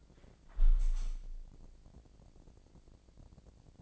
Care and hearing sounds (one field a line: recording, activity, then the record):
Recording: daily activity, microphone in the room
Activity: close window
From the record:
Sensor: 5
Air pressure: 1012.4 hPa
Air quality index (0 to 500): 154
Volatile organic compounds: 2 ppm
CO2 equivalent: 1049 ppm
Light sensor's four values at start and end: 111/267/113/125 and 111/267/113/125